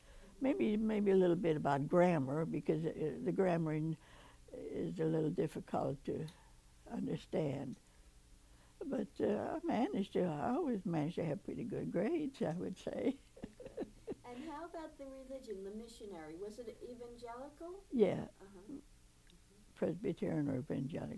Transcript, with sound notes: Maybe — maybe a little bit about grammar because it — the grammar in — is a little difficult to understand. But I managed — I always managed to have pretty good grades, I would say. [laughs]
And how about the religion, the missionary? Was it Evangelical?
Yeah.
Uh-huh.
Presbyterian or Evangelic.